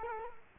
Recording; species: mosquito wingbeat signal from an infrared sensor; Culex quinquefasciatus